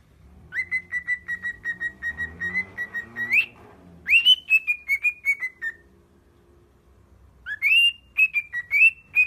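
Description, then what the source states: Cockatiel whistles: a long string of short even notes that jumps upward, then swooping whistled phrases, with a low rumbling noise early on. Cockatiels singing and whistling.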